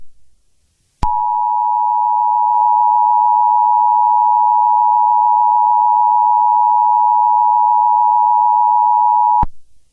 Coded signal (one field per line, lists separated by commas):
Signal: Emergency Alert System (SAME) tones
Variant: 853 and 960 Hz attention tone